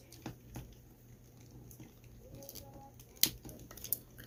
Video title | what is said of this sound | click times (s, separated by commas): TE-03 Phantom Speed Star 3rd Party Mirage CHILL REVIEW | it locks into place if they wanted this to be actual articulation | 3.2 s